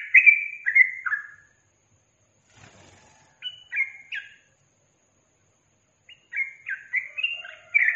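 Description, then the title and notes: Yellow-vented bulbul giving bursts of short burbling notes separated by silent gaps, ending in a quicker run of chirpy phrases. Masteran training recording for songbirds, featuring the tembakan and ropel song styles. "MASTERAN Trucukan Tembakan Dan Ropel 1. BURUNG TRUCUKAN"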